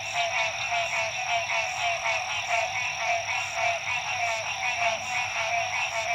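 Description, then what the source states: Massed frog calls, buzzy trills overlapping into a rhythmic pulsing, with a faint steady high hum. Frogs at dusk, La Rue PH, Illinois.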